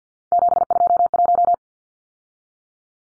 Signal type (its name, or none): Morse code